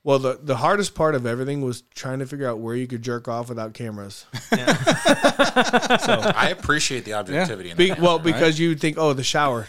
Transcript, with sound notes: Well, the hardest part of everything was trying to figure out where you could jerk off without cameras. (laughing) I appreciate the objectivity. Well, because you think, oh, the shower.